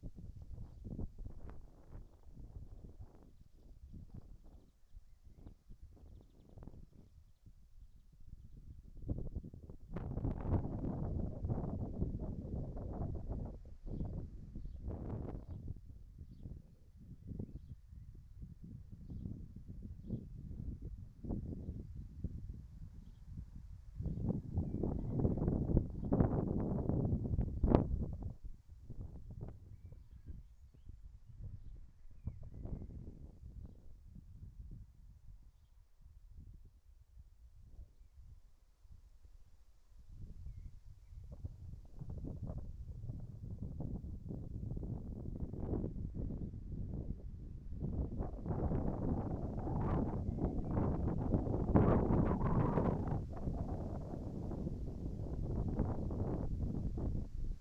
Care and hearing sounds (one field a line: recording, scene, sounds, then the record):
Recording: everyday scene through a hearing-aid microphone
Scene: wind on the microphone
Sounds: wind, whistling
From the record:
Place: in front of a rural house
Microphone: behind the ear, right, front